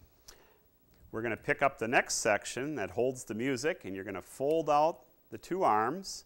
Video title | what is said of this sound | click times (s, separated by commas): Trombone First Lessons | the three legs just pull apart and usually just clicks into place and set that in front of you | 0.3 s